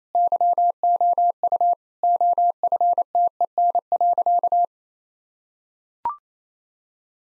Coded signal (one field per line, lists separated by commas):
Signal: Morse code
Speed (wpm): 28 wpm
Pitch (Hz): 700 Hz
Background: none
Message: YOU OFTEN.